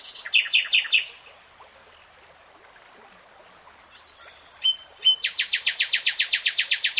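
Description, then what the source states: Nightingale song: quick repeated notes, a pause with scattered whistles, then a long rapid series of loud repeated chirps. Singing, heard in real time.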